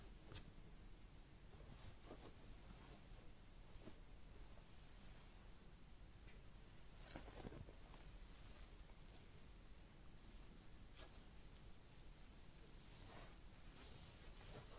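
Head massage and ear cleaning sounds: a soft, steady low hiss runs throughout, broken by brief scratchy rustles and brushing strokes at irregular moments. A sharper, brighter scrape stands out near seven seconds, with quieter rubbing touches scattered around it.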